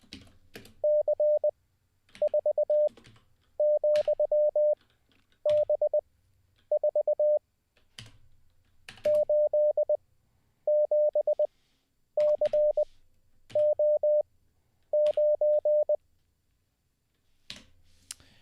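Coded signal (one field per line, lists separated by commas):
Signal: Morse code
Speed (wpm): 20 wpm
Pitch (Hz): 600 Hz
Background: none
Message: C4,B4 87CO9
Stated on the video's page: Morse practice sent live as part of a daily ten-minute CW learning session.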